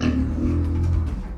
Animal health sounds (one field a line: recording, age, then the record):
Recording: pig call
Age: growing-finishing pig (85 days or more)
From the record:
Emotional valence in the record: negative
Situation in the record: barren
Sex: female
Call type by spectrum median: low-frequency call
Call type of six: low-frequency modulated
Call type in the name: low-frequency stable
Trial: 3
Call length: 1.38 s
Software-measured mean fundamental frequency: 41 Hz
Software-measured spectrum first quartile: 79 Hz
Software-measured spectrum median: 150 Hz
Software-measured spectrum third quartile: 317 Hz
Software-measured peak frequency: 69 Hz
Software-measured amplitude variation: 167 dB a second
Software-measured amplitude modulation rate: 31.6 a second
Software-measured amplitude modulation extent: 5.3 dB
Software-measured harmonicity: -1.4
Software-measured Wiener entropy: -1.06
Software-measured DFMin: 830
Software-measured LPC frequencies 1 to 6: 258, 1179, 1688, 2724, 4126, 4834 Hz